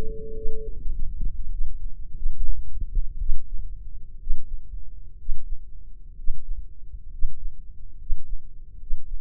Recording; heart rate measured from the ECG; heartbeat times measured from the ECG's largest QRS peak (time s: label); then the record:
heart sounds by microphone in the left ear; 71 bpm
0.34 s: heartbeat
0.92 s: heartbeat
1.50 s: heartbeat
2.16 s: heartbeat
3.20 s: heartbeat
4.19 s: heartbeat
5.17 s: heartbeat
6.16 s: heartbeat
7.10 s: heartbeat
7.97 s: heartbeat
8.78 s: heartbeat
From the record:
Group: healthy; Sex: female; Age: 22 years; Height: 157 cm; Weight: 47.6 kg